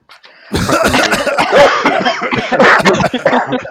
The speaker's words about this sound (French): Alors maintenant que tous les micros sont allumés, je propose une petite toux générale.